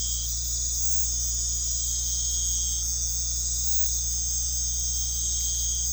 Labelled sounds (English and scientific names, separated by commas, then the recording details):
none
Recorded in pastures near Puerto Asís, Putumayo, Colombia, on 13 March 2025 at 21:00
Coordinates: 0.505, -76.324
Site GP08